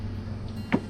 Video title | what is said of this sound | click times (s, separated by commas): 2017 Suzuki 300 HP outboard Changing the Sparkplugs | just like that you'll hear it pop into place | 0.7 s